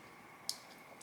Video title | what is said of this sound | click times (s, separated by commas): Benchmade PSK - Assisted? | so a little bit of an audible click that one wasn't that bad but sometimes when you let it fly open like that it will catch | 0.5 s